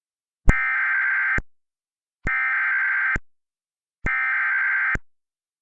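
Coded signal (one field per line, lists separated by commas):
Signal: Emergency Alert System (SAME) tones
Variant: header bursts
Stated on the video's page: Simulated (mock) Emergency Alert System alert for severe storms.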